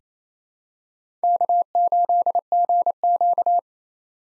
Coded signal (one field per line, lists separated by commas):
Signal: Morse code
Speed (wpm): 27 wpm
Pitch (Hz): 700 Hz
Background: none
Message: K8GQ